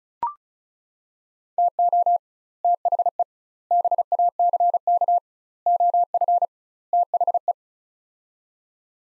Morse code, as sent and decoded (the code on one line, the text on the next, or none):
- --- / - .... . / -... .- -.-. -.- / --- ..-. / - .... .
TO THE BACK OF THE